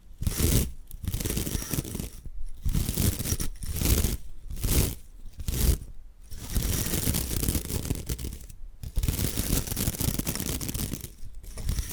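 Bamboo being scratched and brushed in rough, dense bursts, each lasting about a second and separated by short regular pauses, bright and gritty throughout.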